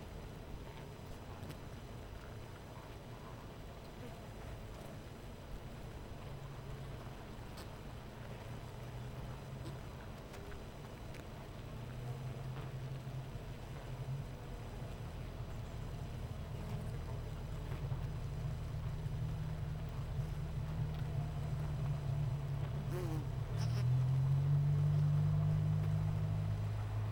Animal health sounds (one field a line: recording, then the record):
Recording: honeybee colony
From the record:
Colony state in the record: missing queen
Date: 14 July 2017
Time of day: 12:13